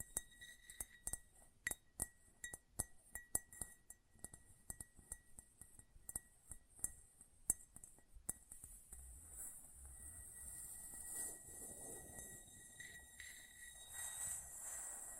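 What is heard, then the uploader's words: Close metallic sounds: sharp clinks and taps tick out irregularly through the first half, some ringing with a steady high tone. After about eight seconds the taps thin out and a louder, rushing hiss with a low rumble takes over, swelling near twelve and fourteen seconds. ASMR Close Up Metallic Sounds (No Talking).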